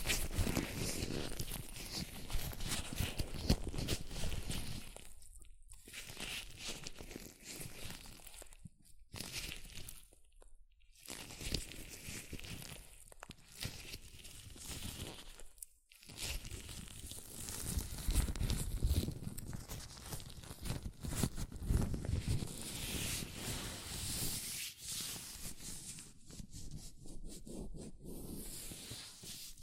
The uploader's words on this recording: ASMR Latex Gloves Hand Sounds (No Talking).